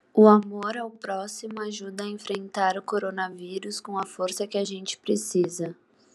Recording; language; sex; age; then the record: spoken sentence; Brazilian Portuguese; female; 20 to 29 years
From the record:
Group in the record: control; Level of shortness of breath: 0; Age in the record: 22 years